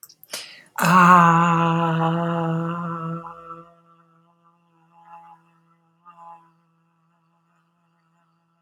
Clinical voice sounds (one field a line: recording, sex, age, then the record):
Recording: vowel held as long as possible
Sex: female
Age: 40 to 49 years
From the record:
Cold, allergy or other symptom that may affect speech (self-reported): no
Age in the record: 44 years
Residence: California, United States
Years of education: 15